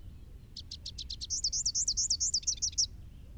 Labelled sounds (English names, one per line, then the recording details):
Rufous-capped Warbler song
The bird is a male
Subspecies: rufifrons
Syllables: 22
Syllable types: 5
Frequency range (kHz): 3.1-7.4 kHz
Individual SP-R09-M